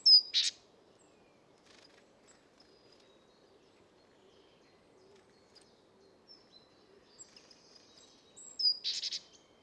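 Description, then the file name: Great tit calls: a harsh buzzy burst with thin high notes, a long quiet gap with faint high tones, then another rasping burst near the end. "Parus major"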